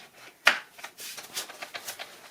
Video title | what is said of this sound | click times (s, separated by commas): My New Favorite Travel Stroller - Ultimate Disney World Stroller - Summer Infant 3D Pac CS Lite | and there you go snaps right in | 0.5 s